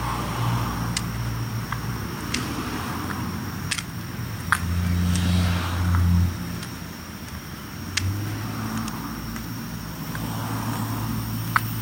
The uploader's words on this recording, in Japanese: とある夏の夜歩き。今回は夜近所を歩いてみました。